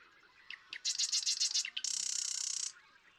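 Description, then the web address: Marsh Wren song: a string of quick sputtering notes building into a dense, fast buzzing rattle lasting under a second. "birdsongforthecurious Marsh Wren"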